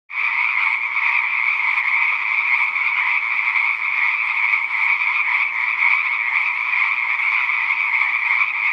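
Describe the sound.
Frogs calling en masse, the chorus starting abruptly and then holding as a constant trilling roar to the end.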